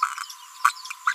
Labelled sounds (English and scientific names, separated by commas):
Green-rumped Parrotlet (Forpus passerinus) babbling